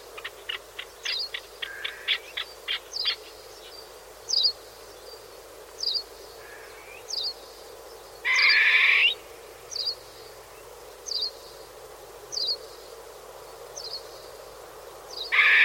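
Bird calling with short sharp notes about every one and a half seconds, broken by two loud raspy buzzing bursts and an opening run of quick ticking notes.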